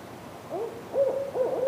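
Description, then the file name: Owl calling: a brief wavering hoot starts, then a level tone grows louder and holds until the end. Recorded 30 October 2005. "20051030 owl"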